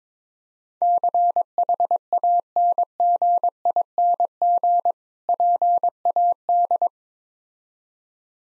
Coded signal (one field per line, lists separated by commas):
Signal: Morse code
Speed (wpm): 22 wpm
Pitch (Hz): 700 Hz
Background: none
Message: CHANGING PAD